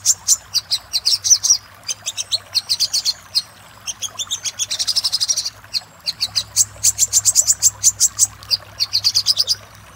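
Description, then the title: Little spiderhunter song of staccato high notes in quick groups, with a dense buzzing trill midway, a faint low hum beneath. Master recording for training cage birds, labelled 'Labaik'. "Masteran Burung Sogok Ontong Labaik"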